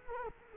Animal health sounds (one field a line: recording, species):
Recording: mosquito wingbeat signal from an infrared sensor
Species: Culex quinquefasciatus